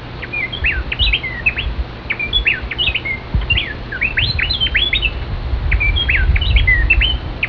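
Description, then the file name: Gray-breasted wood wren song, quick clusters of clear whistled notes jumping up and down in pitch, with low rumbling background noise throughout. "gbwdwrn"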